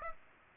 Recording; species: mosquito wingbeat signal from an infrared sensor; Aedes aegypti